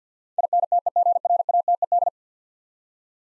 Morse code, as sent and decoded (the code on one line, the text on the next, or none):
.. -. - . --. .-. .- - . -..
INTEGRATED